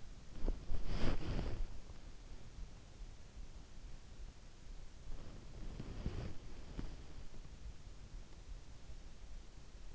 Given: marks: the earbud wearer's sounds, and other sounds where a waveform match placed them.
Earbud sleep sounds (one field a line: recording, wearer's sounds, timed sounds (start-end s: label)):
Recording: sounds in sleep by an in-ear microphone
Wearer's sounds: body movement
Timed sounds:
0.00-2.18 s: body movement
5.11-7.25 s: body movement